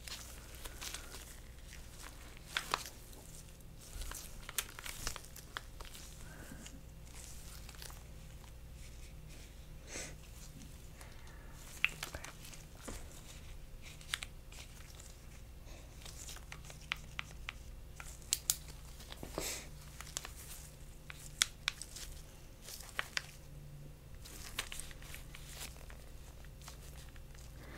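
Gloved hands handle and examine objects, giving soft rubbing and rustling with frequent small crisp clicks and taps at irregular moments, sharpest around 12, 19 and 21 seconds. A steady low hum sits underneath throughout, and the handling stays fairly quiet overall.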